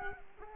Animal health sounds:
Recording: mosquito wingbeat signal from an infrared sensor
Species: Culex quinquefasciatus

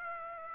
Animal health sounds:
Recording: mosquito wingbeat signal from an infrared sensor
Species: Aedes aegypti

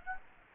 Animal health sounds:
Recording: mosquito wingbeat signal from an infrared sensor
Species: Aedes aegypti

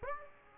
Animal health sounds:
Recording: mosquito wingbeat signal from an infrared sensor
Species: Aedes aegypti

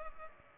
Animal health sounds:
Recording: mosquito wingbeat signal from an infrared sensor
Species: Culex pipiens

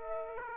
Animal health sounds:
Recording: mosquito wingbeat signal from an infrared sensor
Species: Aedes aegypti

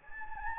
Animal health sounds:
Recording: mosquito wingbeat signal from an infrared sensor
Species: Anopheles gambiae

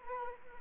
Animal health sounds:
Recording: mosquito wingbeat signal from an infrared sensor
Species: Anopheles arabiensis

